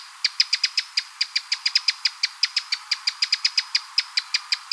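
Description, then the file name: Eurasian wren calling with a rapid, steady series of sharp clicking notes. "Troglodytes troglodytes"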